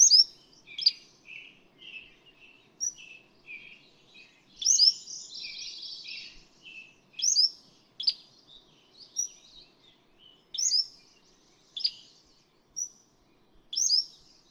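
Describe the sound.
Cordilleran flycatcher song: thin, high notes repeated every second or two, with one longer phrase and scattered softer chirps between them.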